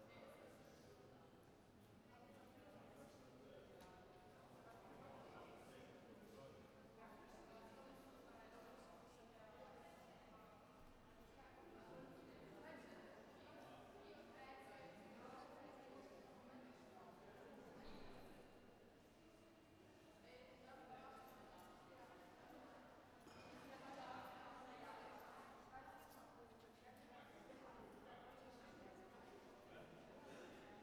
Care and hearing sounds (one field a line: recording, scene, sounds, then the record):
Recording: everyday scene through a hearing-aid microphone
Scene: reverberant space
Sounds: background noise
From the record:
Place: railway station hall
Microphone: behind the ear, right, rear